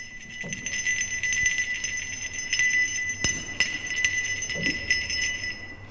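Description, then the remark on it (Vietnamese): High, shimmering bells ring continuously across a burial ground, with a steady metallic tone and a few sharp clicks and low rustles beneath, the level staying fairly even throughout. “Tiếng chuông đầu tiên là xa xăm lắm, ấy thế rồi tiếng chuông càng lúc càng to dần, to dần. Tiếng chuông bay vút lên cao, tiếng chuông lan tỏa toàn bộ khu mộ cao quán.”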